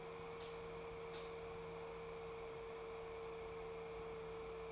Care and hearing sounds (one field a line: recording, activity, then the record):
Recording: daily activity, microphone in the room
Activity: light on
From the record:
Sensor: 1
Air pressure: 1014.6 hPa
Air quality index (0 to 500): 175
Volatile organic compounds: 15 ppm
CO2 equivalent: 2482 ppm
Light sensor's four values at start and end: 20/50/20/24 and 21/57/22/25